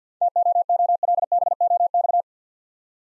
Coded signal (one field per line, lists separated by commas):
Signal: Morse code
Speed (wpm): 50 wpm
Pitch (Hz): 700 Hz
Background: none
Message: TOOLBOX